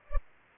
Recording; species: mosquito wingbeat signal from an infrared sensor; Culex pipiens